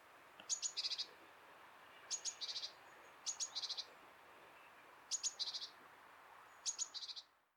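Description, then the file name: Great tit calling in five spaced bursts, each a bright high note running into a short buzzy chatter, over a constant background hiss. "Parus major"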